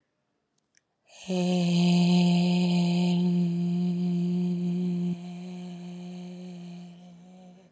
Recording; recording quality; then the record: sustained vowel as in made; excellent, no background noise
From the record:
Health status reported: healthy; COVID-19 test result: not tested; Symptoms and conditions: none ticked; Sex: female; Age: 32 years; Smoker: not ticked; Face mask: not worn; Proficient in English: yes